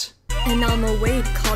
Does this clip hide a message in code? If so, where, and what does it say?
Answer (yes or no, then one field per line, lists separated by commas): no